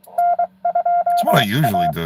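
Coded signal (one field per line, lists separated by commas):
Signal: Morse code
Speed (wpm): 23 wpm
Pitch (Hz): 700 Hz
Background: speech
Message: N2A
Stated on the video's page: Live CW Parks on the Air activation.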